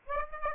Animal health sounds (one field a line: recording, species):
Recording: mosquito wingbeat signal from an infrared sensor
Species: Aedes aegypti